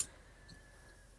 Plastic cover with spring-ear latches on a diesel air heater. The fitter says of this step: it clicks into place those two little ears Will Spring out and lock it in place